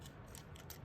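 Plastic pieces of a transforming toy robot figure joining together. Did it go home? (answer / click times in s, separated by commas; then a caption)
yes / 0.4 s, 0.6 s, 0.7 s. Two plastic pieces of a Transformers Age of the Primes Micronus Prime transforming toy robot figure are pushed together during transformation. Short, sharp clicks sound at 0.4, 0.6 and 0.7 s over a low background hum. The pieces snap into place and are seated.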